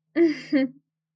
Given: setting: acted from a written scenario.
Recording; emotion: vocal sound without words; amusement